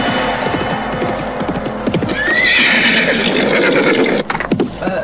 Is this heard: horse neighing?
yes